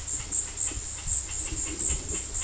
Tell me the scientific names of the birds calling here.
Cacicus cela